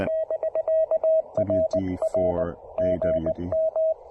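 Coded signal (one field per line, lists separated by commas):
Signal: Morse code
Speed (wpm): 19 wpm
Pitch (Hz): 640 Hz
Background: speech, radio noise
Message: <BK> RR GM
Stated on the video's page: Portable Parks on the Air activation using a Yaesu FT-817ND, end-fed half-wave antenna and Begali Traveler key, with power lines nearby.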